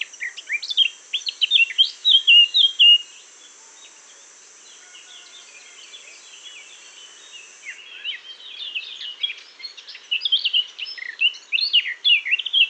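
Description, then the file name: Eurasian blackcap singing: a burst of rich, fluty warbled notes for about three seconds, a pause, then another lively warbling phrase near the end; a steady high hiss through the first part. "Sylvia atricapilla"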